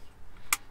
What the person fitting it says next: you want to click it in so it doesn't come out, so the cable's tightly in.